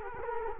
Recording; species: mosquito wingbeat signal from an infrared sensor; Culex quinquefasciatus